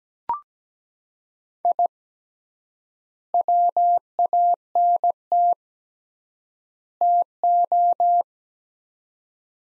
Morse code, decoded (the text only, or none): I WANT TO